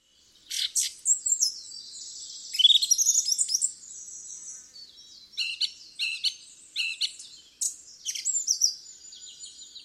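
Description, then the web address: Song thrush song with varied high notes, then one crisp chirping phrase repeated several times before more scattered phrases. "cianscape birddata Deverinetal 2025"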